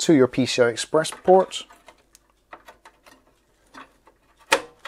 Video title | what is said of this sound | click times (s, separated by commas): How To ADD More USB3 Ports With NO Extra Power Plugs Required | and push it till it clicks into place and that is effectively it very very simple very straightforward | 4.5 s